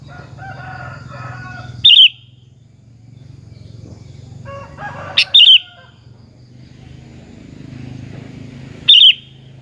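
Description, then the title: Sooty-headed bulbul song: three short, bubbly, liquid phrases, roughly every three to four seconds, with fainter lower bird calls and low background rumble. "Kutilang"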